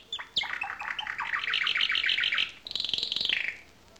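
Finch song: a few sharp chirps, then a fast, even trill of buzzy notes lasting about two seconds, ending in a higher, slurred phrase.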